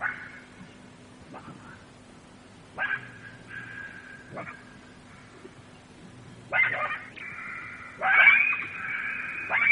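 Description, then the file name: Jackal yelps, scattered and faint at first, then building into louder overlapping high wails and yips in the last few seconds. "zvuki shakala"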